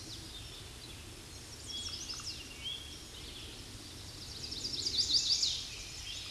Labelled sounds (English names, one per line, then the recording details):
Chestnut-sided Warbler song
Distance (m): 20 m
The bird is about 5 m above the microphone
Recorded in a Pennsylvania forest on 16 May 2024 at 07:12
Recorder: AudioMoth, point MSD-2164
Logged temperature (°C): 15.8 °C
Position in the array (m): 185 m, 69 m